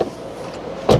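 The half-latched door of a 2021 Tesla Model 3 SR+ is pushed fully shut, and its latch closes home on the door frame striker. After a faint tick at the start and a low steady hum, a loud, solid thud-click comes at 0.9 s. The door is fully closed and the panel gaps are gone.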